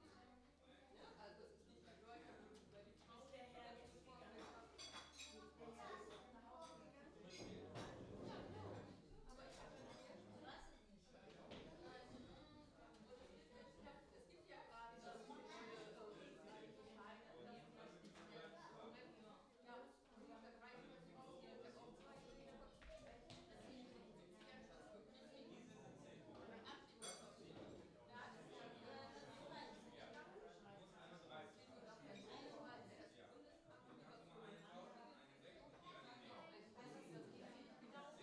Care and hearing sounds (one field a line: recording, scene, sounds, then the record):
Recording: everyday scene through a hearing-aid microphone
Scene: many people talking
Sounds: many voices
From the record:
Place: parish hall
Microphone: in the ear canal, left